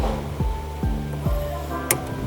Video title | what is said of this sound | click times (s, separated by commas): INSTALLING LED LIGHT UPGRADES for Toyota Fortuner - Park Light and Reverse Light DIY - Philippines | oh there you heard it snap now let's test these out let's test this one out if it works | 1.9 s